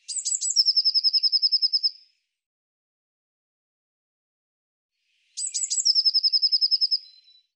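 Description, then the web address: Bird song given twice: high opening notes running into a fast, steady trill, with a silent gap of about three seconds between songs. "Deverinetal Bird"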